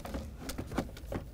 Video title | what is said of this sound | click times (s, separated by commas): How to Replace Left Rear Parking Brake Cable 2013-2018 Toyota RAV4 | Clip it in. Feel it click. | 0.5 s, 0.8 s